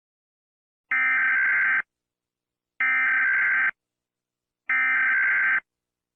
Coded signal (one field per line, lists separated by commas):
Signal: Emergency Alert System (SAME) tones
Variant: header bursts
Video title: EAS Alarms Part 1